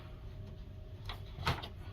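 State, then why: Not seated. A cordless Allen & Roth faux wood window blind from Lowes has its headrail handled into wall-mounted mounting brackets. Low background noise is broken by short bursts of handling rattle around 1.1 s and 1.5 s, plus a smaller tick near 1.6 s. The headrail has not yet seated or locked into the brackets.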